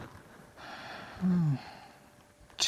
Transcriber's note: sighs